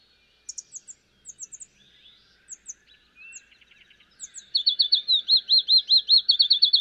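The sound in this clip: Field sparrow song: a steady string of loud, looping whistled notes follows scattered high chips and a short trill from other birds.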